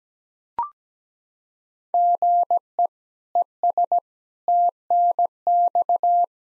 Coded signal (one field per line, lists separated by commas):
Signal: Morse code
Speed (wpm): 17 wpm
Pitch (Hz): 700 Hz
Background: none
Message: GE ES TNX